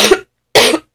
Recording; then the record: coughing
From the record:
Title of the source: 61 morning phlegmy cough...again